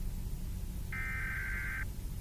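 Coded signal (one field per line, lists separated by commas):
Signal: Emergency Alert System (SAME) tones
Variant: header bursts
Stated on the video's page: Fake, not real, recreation of a failed national EAS test on DBS.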